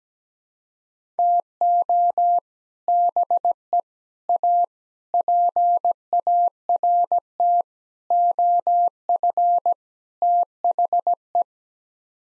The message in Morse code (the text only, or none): TO BE A PART OF THE